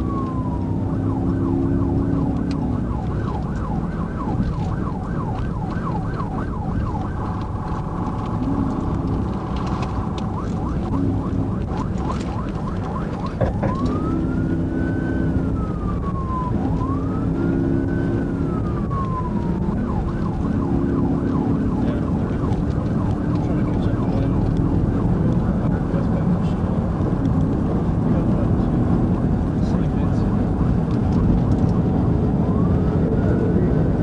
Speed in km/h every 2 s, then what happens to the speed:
148, 145, 140, 138, 143, 143, 142, 142, 148, 150, 158, 172, 172, 174, 174, 180, 187.
0-14 steady at about 142. 14-34 speeds up to 187.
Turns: none.